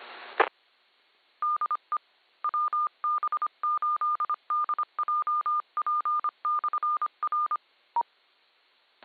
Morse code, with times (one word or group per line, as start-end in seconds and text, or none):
0.4-0.4 E
1.4-2.0 DE
2.4-7.6 WB8DJP/R